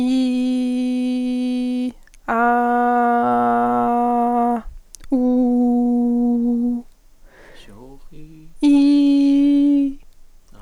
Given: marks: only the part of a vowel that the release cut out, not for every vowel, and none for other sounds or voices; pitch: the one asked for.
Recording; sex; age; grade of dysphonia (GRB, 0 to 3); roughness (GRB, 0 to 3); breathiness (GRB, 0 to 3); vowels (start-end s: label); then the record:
sustained vowels; female; 20 to 29 years; 0; 0; 0
0.00-1.82 s: vowel /i/, normal pitch
2.43-4.42 s: vowel /a/, normal pitch
5.18-6.68 s: vowel /u/, normal pitch
8.68-9.75 s: vowel /i/, high pitch
From the record:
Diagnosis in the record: healthy voice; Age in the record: 25 years